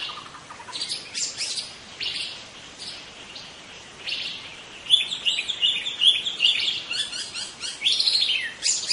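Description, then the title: White-rumped shama song, mostly high and harsh: scratchy bursts at first, then a long fast trilling, buzzy run of notes in the second half. In forest. "Suara burung murai batu hutan"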